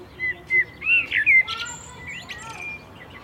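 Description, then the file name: Common blackbird with a few clear fluted notes rising into a brief warble, followed by softer faint twitters. "Turdus merula"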